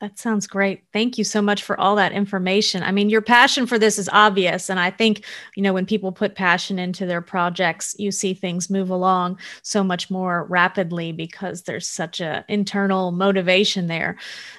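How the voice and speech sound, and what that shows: One adult woman speaks clearly and fluently at an even pace, without repetitions, blocks or prolonged sounds.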